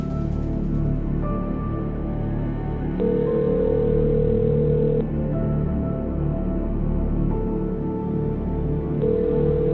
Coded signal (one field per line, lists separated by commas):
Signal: telephone call progress tone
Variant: North America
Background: music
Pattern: ringback tone